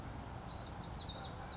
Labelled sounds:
Lazuli Bunting (Passerina amoena)
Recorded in Sonoma County, California

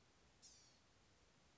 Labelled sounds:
Blue-gray Gnatcatcher (Polioptila caerulea)
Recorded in Sonoma County, California

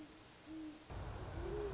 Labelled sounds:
Great Horned Owl (Bubo virginianus)
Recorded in Sonoma County, California

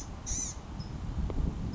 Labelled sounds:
Blue-gray Gnatcatcher (Polioptila caerulea)
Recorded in Sonoma County, California

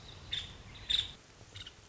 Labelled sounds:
Nuttall's Woodpecker (Dryobates nuttallii)
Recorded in Sonoma County, California

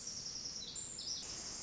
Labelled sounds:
Pacific Wren (Troglodytes pacificus)
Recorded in Sonoma County, California

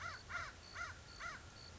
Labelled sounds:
American Crow (Corvus brachyrhynchos)
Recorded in Sonoma County, California

